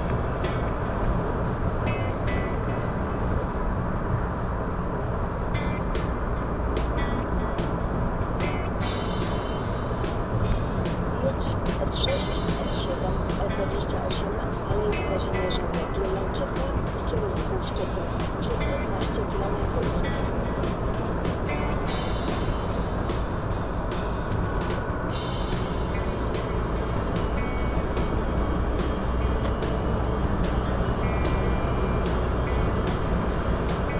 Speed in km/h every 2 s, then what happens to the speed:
107, 103, 102, 102, 101, 101, 101, 100, 100, 100, 100, 100, 100, 100, 107, 110, 110.
0-26 steady at about 100. 26-30 speeds up to 110.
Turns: none.